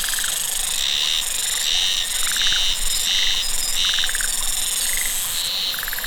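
Cicadas singing in repeated buzzy bursts over a constant high whine, with a rattling lower trill recurring between them.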